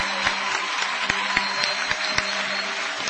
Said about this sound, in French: Let us clap the Lord. Applaudissons pour le Seigneur. Acclamons le Seigneur.